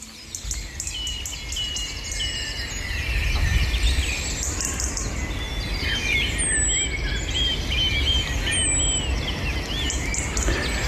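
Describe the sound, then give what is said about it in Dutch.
A dense morning chorus of many birds singing at once on the Mariendaal estate, with overlapping high chirps, trills and whistled phrases over a steady low rumble, no voices present. “liet zich op landgoed Mariendaal betoveren door een grandioos ochtendconcert.”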